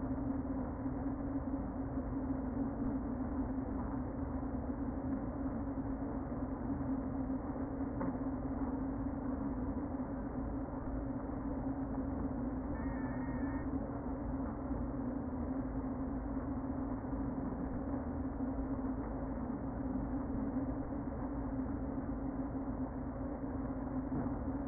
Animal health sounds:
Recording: honeybee colony, microphone inside the hive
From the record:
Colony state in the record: queen present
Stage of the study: before two queens were removed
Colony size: about 60,000 bees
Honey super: yes

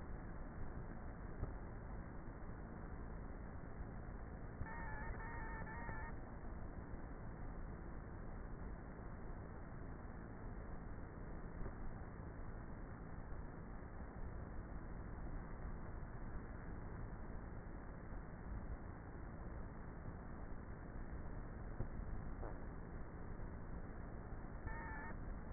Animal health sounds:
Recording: honeybee colony, microphone inside the hive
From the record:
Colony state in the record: queenless with a low population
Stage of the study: before two queens were removed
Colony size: about 30,000 bees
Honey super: no

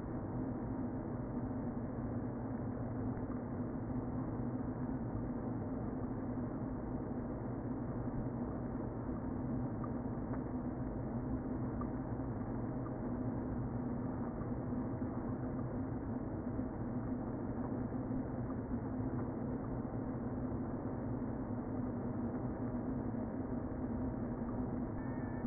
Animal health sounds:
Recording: honeybee colony, microphone inside the hive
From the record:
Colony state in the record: queen present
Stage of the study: before two queens were removed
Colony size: about 60,000 bees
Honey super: yes

